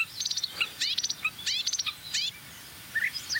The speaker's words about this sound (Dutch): Bijeter.